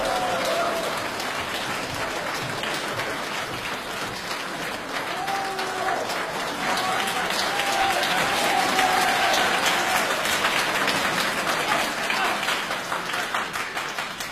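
audience applause

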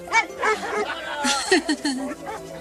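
dogs barking

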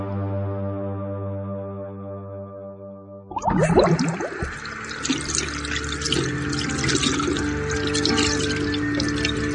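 running tap water

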